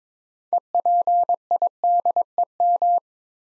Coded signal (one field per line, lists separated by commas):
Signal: Morse code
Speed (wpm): 22 wpm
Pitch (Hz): 700 Hz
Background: none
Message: EPIDEM